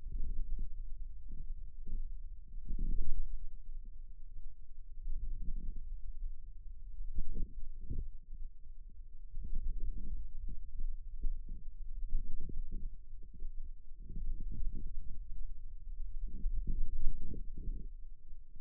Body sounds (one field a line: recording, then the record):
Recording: forearm muscle sounds (acoustic myography)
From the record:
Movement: radial deviation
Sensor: system 2, bracelet of six BSWA MPA416 microphones around the upper forearm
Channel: 6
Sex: male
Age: 22 years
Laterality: right